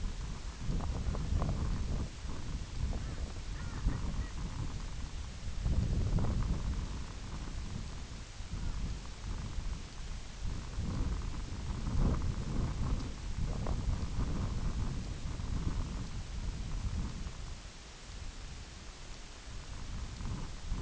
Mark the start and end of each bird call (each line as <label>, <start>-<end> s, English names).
Long-tailed Duck, 0.13-1.72 s
Long-tailed Duck, 2.85-4.37 s
Long-tailed Duck, 8.44-8.84 s